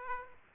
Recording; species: mosquito wingbeat signal from an infrared sensor; Aedes aegypti